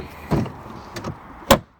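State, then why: Seated. The emptied toilet waste cassette of a 2018 Autotrail Tribute motorhome is pushed back into its compartment, with a low sliding thud around 0.3 s and a couple of lighter knocks near 1.0 s and 1.1 s. It locks home with a sharp clunk at 1.5 s, seated in place.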